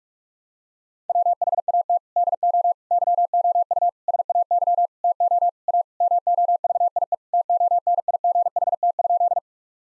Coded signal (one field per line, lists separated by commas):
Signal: Morse code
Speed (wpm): 46 wpm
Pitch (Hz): 700 Hz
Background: none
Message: WHAT DO YOU SAY TO A MOVIE TONIGHT?